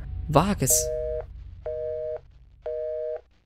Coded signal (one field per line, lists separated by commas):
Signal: telephone call progress tone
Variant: North America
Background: speech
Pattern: busy tone